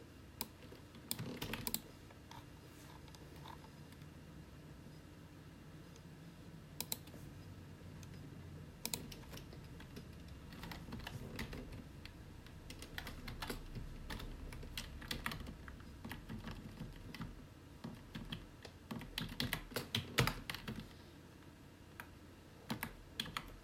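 Gentle typing on a computer keyboard comes in irregular bursts of quick clicks, thickest around the middle and near twenty seconds, with a few sharper isolated taps. Underneath, a computer whirs in a low, steady hum throughout.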